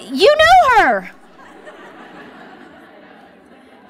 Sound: laughter

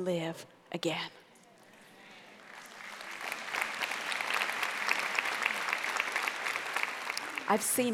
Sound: applause

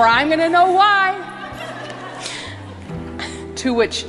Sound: laughter

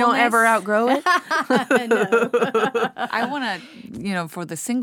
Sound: laughter

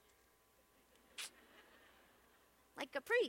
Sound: laughter

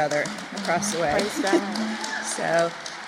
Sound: sounds of applause and cheers

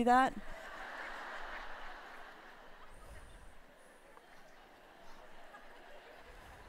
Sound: laughter

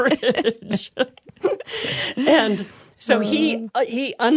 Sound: laughter

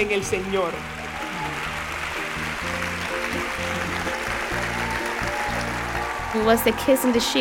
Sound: loud applause

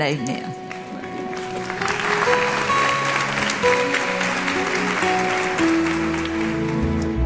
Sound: applause

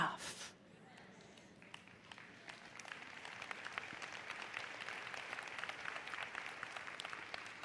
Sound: applause

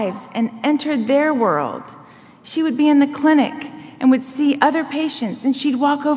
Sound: none

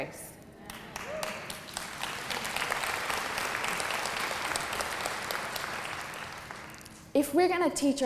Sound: applause

